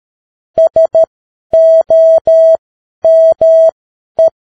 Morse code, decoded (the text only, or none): SOME